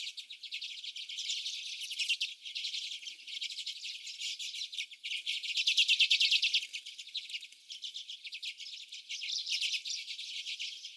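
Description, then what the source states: Common redpolls giving dense, rapid dry chattering calls, many overlapping notes in quick bursts throughout, loudest around six seconds. Several birds.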